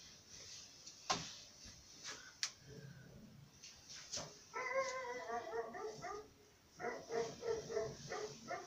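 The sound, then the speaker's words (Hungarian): A cat vocalizes in two bursts of rapid, repeated mid-pitched cries with a whiny, harmonic tone, preceded by a few sharp clicks and soft rustling. “Érzékeny szívű macskám.”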